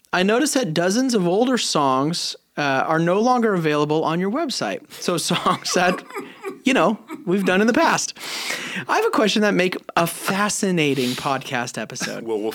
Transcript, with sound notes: I noticed that dozens of older songs are no longer available on your website. So songs that [chuckle] we’ve done in the past. I have a question that make a fascinating podcast episode.